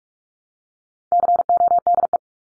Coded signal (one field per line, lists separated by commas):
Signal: Morse code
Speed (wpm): 44 wpm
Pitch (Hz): 700 Hz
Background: none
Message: CODE